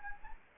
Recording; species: mosquito wingbeat signal from an infrared sensor; Anopheles gambiae